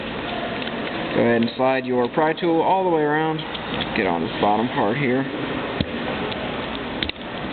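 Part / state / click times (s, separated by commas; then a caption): plastic housing clip on a mobile phone's rear shell / released / 7.0 s, 7.1 s. A pry tool is slid around the bottom edge of a T-Mobile Sidekick 3 (Danger) phone's plastic rear housing while someone talks. Faint scraping is heard, then two sharp snaps at 7.0 and 7.1 seconds as the housing clip pops out and releases.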